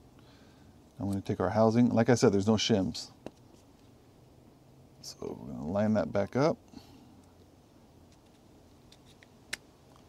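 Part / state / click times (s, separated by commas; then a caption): differential housing into the rear gearbox of an RC truck / seated / 9.5 s. A plastic differential housing with no shims is lined up and pressed into the rear gearbox of a 1/16 E-Revo VXL RC truck while someone talks. After a few faint ticks, a sharp, loud pop at 9.5 s marks the housing seating into place.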